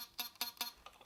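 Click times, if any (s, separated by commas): 0.4 s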